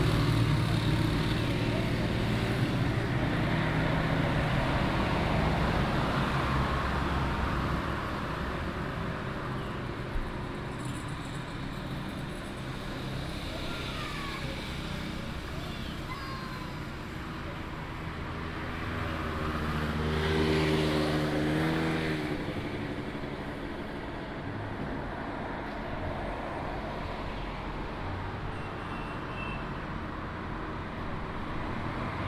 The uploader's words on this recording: Malecón – Puerto Plata, Dominican Republic (Binaural Field Recording). I left Long Beach and walked to the Malecón. I found a shady spot near the beachside bars and chiringuitos.